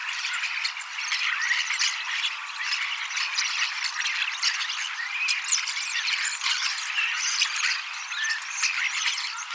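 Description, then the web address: Common starling chorus, constant scratchy chatter with mixed whistles and rapid clicking notes throughout. Young starlings singing and practising song, mimicking several other species a little; 18 October 2024. "paivat 18 10 2024 kasittaakseni kottaraisnuoret laulavat lauluharjoittelevat useita lajeja matkivat hiukan"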